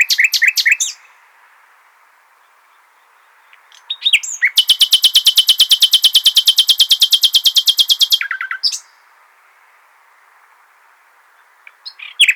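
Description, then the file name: Common nightingale song: brief chirpy phrases around a long, very fast, even trill of identical notes lasting about four seconds, followed by silence. "Luscinia megarhynchos"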